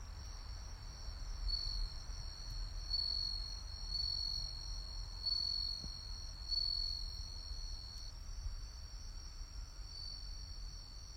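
Cricket chirping: a high thin trill pulsing in repeated bursts, over a continuous low hum.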